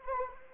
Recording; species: mosquito wingbeat signal from an infrared sensor; Anopheles arabiensis